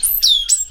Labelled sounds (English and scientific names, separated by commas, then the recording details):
Stitchbird (Notiomystis cincta) song
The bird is a male
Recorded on Tiritiri Matangi Island, New Zealand, in 2005
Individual 10, of nest box 12